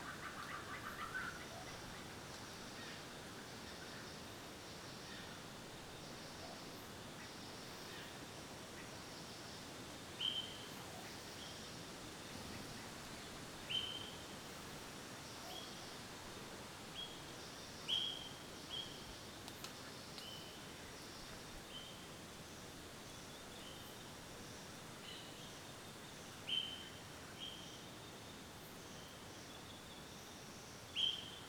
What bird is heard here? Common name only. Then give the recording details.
Chestnut-winged Starling. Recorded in Kibale, Uganda